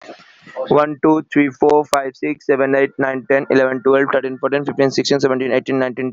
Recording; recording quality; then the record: counting at a fast pace; excellent, no background noise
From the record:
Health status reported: healthy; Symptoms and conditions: fever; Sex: male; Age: 23 years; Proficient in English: yes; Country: India